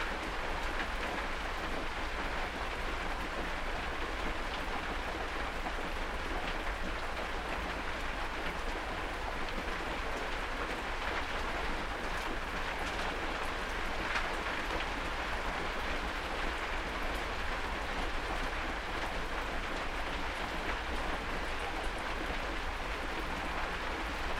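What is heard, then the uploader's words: A storm heard from inside a shed: dense, steady rain hisses and patters without a break for the full length. A low rumble runs underneath, and brief brighter spatters of drops stand out now and then, especially around the middle. Storm recorded from my shed. At 2am. Somercotes, Derbyshire. UK.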